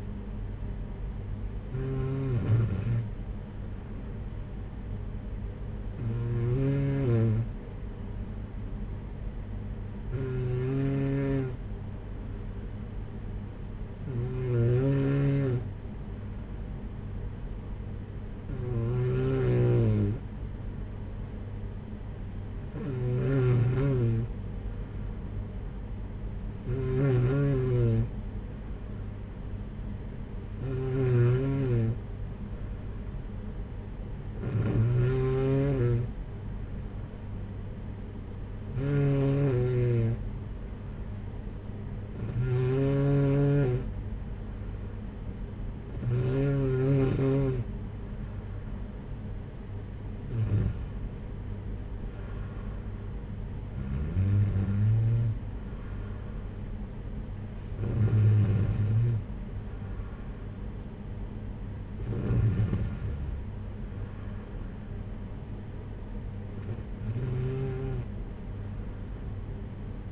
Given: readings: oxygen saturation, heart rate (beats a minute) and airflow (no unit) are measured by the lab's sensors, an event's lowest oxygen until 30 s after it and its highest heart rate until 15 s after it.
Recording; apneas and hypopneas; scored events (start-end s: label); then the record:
breathing in sleep by a smartphone at the bedside; 1
32.00-49.80 s: hypopnea (N2, oxygen 94% highest, then 93% lowest, heart rate 58 at the start, 63 highest)
From the record:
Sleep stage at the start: N2 (light sleep); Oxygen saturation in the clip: 93 to 94%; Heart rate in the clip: 47 to 63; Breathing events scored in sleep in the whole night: 226 in 8.8 hours asleep